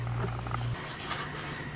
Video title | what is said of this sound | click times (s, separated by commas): How to Replace 62TE Transmission Sensors (Town & Country, Caravan, Sebring, Avenger, Pacifica etc.) | press down on it until you can feel it click all the way down in the place make sure it's all the way flush | 0.5 s